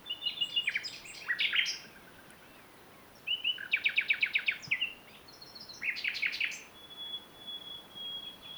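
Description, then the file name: Common nightingale singing varied phrases: rattling trills, a fast series of repeated chirps, a richer burst of notes, then a long high pure whistle. "Luscinia megarhynchos"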